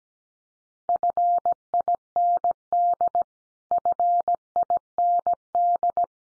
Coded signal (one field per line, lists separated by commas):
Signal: Morse code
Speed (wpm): 17 wpm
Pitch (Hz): 700 Hz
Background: none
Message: FIND FIND